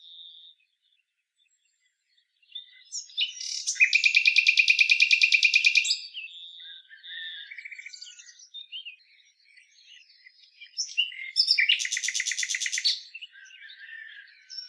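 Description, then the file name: Common nightingale song with two long, loud, machine-gun trills of rapidly repeated notes, linked by quieter chattering and warbling passages. "Luscinia megarhynchos"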